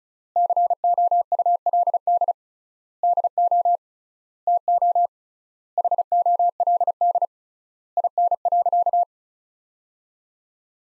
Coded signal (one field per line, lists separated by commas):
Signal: Morse code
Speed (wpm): 34 wpm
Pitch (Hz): 700 Hz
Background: none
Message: COULD DO TO HOLD IN.